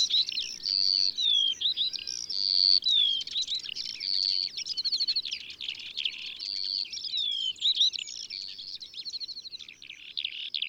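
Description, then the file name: Yellowhammer song phrases: high trilled notes, long flat whistles and falling slurs recurring every couple of seconds, with overlapping high chirps and a soft low rumble beneath. "Bruant jaune ABC des chants doiseaux"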